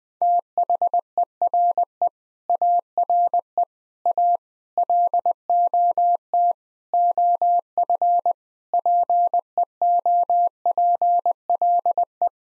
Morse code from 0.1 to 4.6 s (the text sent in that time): THERE ARE A